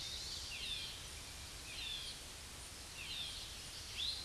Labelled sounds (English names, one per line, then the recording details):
Eastern Towhee song
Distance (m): 15 m
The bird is about 5 m above the microphone
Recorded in a Pennsylvania forest on 16 May 2024 at 07:23
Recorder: AudioMoth, point MSD-2095
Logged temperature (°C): 16.3 °C
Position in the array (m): 154 m, 75 m